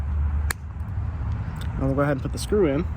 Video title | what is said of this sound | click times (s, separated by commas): DIY 2013 2014 2015 2016 2017 Honda Accord Replace and Program Fob Key Battery | you're going to squeeze it until it clicks and the Gap is gone | 0.5 s